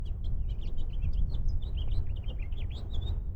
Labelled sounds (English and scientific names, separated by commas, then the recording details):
House Finch (Haemorhous mexicanus) song
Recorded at Lawrence on Long Island, New York, on 4 June 1975
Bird C